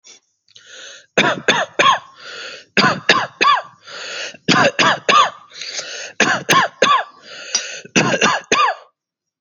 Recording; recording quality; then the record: shallow voluntary cough; excellent, no background noise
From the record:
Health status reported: healthy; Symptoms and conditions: none ticked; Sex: male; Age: 36 years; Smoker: not ticked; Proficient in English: yes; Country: India